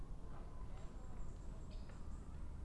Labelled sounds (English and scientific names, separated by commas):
Great Spotted Woodpecker (Dendrocopos major)